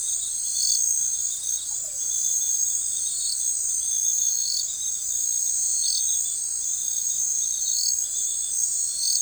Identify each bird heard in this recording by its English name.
none